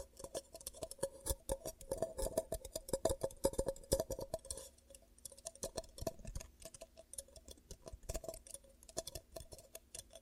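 Ear cupping sounds: quick, clicky taps and soft rubbing pulses that come in dense, irregular bursts. The first half is busiest, with a hollow, ringing tone under the taps. After about four seconds the taps thin out and grow quieter, with short pauses between clusters.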